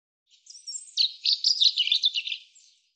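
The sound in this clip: European robin song, a high phrase of tumbling warbles and trills.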